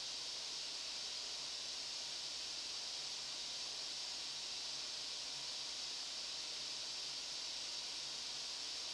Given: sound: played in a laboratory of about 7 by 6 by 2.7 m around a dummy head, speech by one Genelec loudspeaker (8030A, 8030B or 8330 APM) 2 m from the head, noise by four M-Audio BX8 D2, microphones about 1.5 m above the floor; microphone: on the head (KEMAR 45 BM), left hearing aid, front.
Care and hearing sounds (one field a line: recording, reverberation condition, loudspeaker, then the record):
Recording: white noise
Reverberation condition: medium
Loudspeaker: four, about 170 cm from the corners of the room and facing them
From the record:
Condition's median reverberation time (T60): about 510 ms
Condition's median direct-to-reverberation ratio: about -0.5 dB